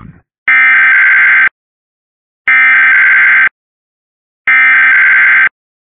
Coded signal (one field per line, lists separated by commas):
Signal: Emergency Alert System (SAME) tones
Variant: header bursts